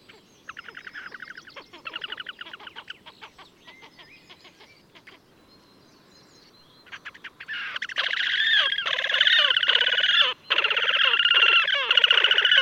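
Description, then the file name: Horned grebe calling: faint squeaky trills at first, then loud, rapid, harsh chattering trills in the second half. "Krasnoshejnaya poganka - lat Podiceps auritus Patrik berg"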